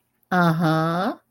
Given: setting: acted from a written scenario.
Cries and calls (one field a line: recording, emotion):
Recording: vocal sound without words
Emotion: romantic love